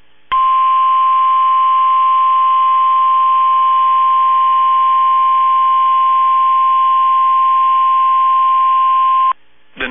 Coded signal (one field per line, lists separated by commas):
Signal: Emergency Alert System (SAME) tones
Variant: 1050 Hz attention tone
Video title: Tornado Watch (EAS 1761)